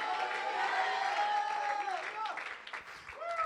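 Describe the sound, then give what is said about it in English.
An audience claps their hands unto the Lord steadily as a dense wash of applause, with raised voices shouting hallelujah and calling out over it, sustained and rising in pitch, holding a fairly even loudness throughout. “Oh, clap your hands unto the Lord and someone shout hallelujah.”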